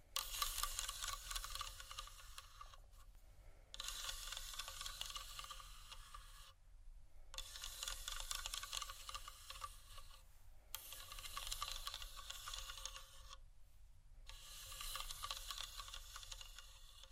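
Soft crinkling and scratching on plastic comes in long, dense stretches of fine, bright crackle, each lasting a few seconds. Brief quieter pauses fall near 3, 6.5, 10.5 and 13.5 seconds, while a faint low hum runs steadily underneath.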